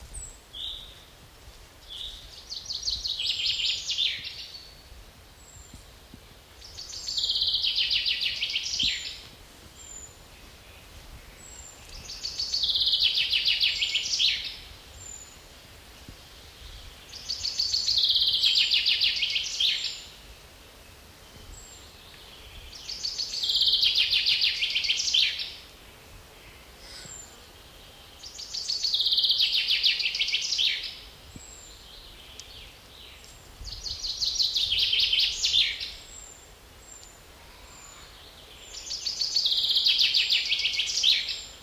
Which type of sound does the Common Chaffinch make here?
song